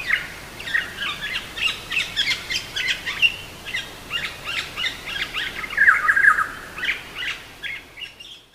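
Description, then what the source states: Olive-backed oriole mimicry: a rapid, varied run of short chirps and squeaky notes, with a louder slurred phrase near six seconds, over soft background noise. Vocal mimicry by the bird.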